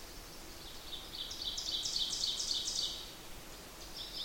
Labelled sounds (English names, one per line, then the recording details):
Ovenbird song
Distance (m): 40 m
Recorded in boreal forest in Alberta, Canada, on 8 June 2016 at 07:27
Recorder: SongMeter 3, array SBT-3-9
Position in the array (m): 51 m, 108 m
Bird 33